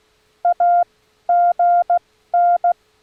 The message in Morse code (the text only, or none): AGN